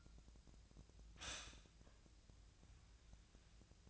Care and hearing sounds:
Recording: daily activity, microphone in the room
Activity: stop toaster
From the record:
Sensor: 2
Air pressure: 1009.2 hPa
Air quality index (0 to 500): 187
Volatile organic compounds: 11 ppm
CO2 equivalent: 2319 ppm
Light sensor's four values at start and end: 23/56/24/26 and 22/55/23/25

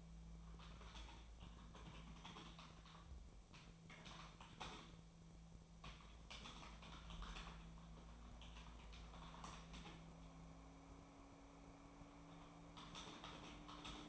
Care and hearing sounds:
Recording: daily activity, microphone in the room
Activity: typing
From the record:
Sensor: 1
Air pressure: 1000.2 hPa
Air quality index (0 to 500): 141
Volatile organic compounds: 3 ppm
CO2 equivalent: 1329 ppm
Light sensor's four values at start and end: 30/76/32/39 and 30/76/32/38

